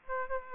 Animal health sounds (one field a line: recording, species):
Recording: mosquito wingbeat signal from an infrared sensor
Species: Aedes aegypti